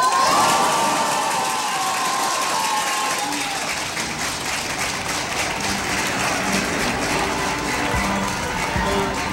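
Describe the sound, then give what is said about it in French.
A large street crowd in Paris cheers and shouts at 11 pm on 10 May 1981, celebrating François Mitterrand's election as French president, a dense, steady roar of voices with scattered applause and high whoops rising above it throughout. “La capitale est en liesse.”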